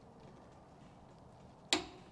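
A click-type torque wrench set back to 70 Nm is pulled on a bolt held in a vice. After a low steady background, it clicks once at 1.7 s, a sharp bright snap with a short ringing tail, showing it clicks at its setting.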